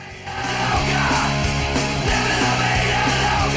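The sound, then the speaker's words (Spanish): A single extremely loud, drawn-out belch, a Guinness World Record loudest burp at 112.4 decibels, rumbles on for over three seconds, deep, rough and raspy, holding steady at full volume with no talking around it. “Pues ya es eructar ya”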